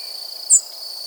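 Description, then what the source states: Savannah sparrow giving a single very high, thin, brief seep note over a steady high-pitched whining background. Flight call.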